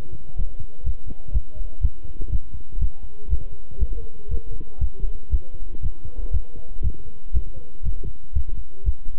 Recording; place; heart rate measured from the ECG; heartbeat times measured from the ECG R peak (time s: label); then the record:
heart sounds by stethoscope; between the tricuspid and mitral areas; 120 bpm
0.38 s: heartbeat
0.85 s: heartbeat
1.33 s: heartbeat
1.82 s: heartbeat
2.31 s: heartbeat
2.81 s: heartbeat
3.30 s: heartbeat
3.80 s: heartbeat
4.30 s: heartbeat
4.80 s: heartbeat
5.32 s: heartbeat
5.82 s: heartbeat
6.33 s: heartbeat
6.83 s: heartbeat
7.34 s: heartbeat
7.84 s: heartbeat
8.35 s: heartbeat
8.86 s: heartbeat
From the record:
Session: walking at 3.7 km/h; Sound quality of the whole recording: good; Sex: male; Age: 25 years